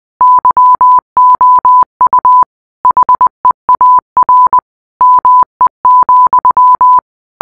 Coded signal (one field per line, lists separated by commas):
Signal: Morse code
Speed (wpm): 20 wpm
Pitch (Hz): 1000 Hz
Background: none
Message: YOU HEAR ME,